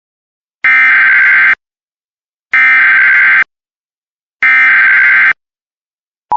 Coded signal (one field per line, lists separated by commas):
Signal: Emergency Alert System (SAME) tones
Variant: header bursts